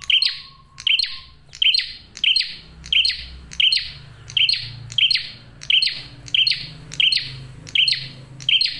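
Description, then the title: Prinia: emphatic high chirps repeated evenly, about once every two-thirds of a second, over a soft low background hum. Male in full, clear, tight song on a tutor (masteran) recording; for trapping birds and for attracting females. "Masteran Duet Cililin Vs Kapas Tembak. PRENJAK JANTAN GACOR SUARA JERNIH, RAPET. " COCOK UNTUK PIKAT MAUPUN PANCINGAN BETINA ""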